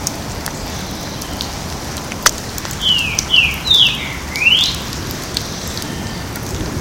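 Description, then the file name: Green-winged saltator song: one rich phrase of four whistled notes, three falling slurs then a rising upslur, under two seconds long, against continuous crackling noise and a sharp tick. Recorded at a botanical garden in Porto Alegre on 18 October 2014. "Saltator-similis 1-Jd Botanico POA-18-10-14-ASilveira"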